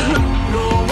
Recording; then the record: coughing mixed with background sound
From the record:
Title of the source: female coughing - coughing sound effects girl